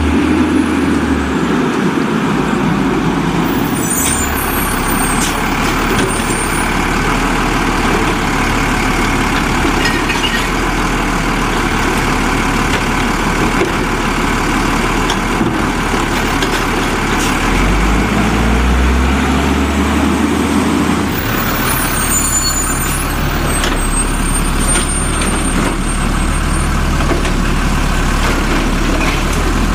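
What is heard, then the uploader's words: A garbage truck works, its heavy engine rumbling steadily for the whole half minute, with a deep low drone that shifts pitch around the start and again near twenty seconds. Short hisses of air brakes cut in near four and twenty-two seconds. Garbage Trucks.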